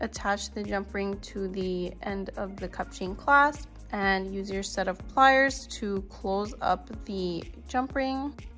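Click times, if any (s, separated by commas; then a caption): none. A metal jump ring on the end of a cubic zirconia cup chain is handled with pliers to close it, as part of making a tennis bracelet. Someone talks over background music throughout. Nothing has clicked or closed yet by the end of the clip.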